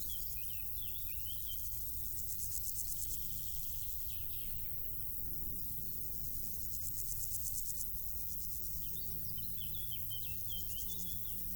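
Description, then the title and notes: Insects rasp in fast, high pulsed trains, with bursts of bird twittering at the start and end and a continuous low rumble. Insects stridulating in grass on île Gabriel, Brangues, France, on the Rhône; sunny afternoon, June 2021; two small Lom Usi Pro capsules in AB stereo with a MixPre 6. "île Gabriel - Brangues, France - Bourdons et crissements estivaux. Une après-midi ensoleillée sur l'île Gabriel. en juin 2021. je dépose deux petites capsules dans l'herbe afin de capter les stridulations des insectes à cette saison"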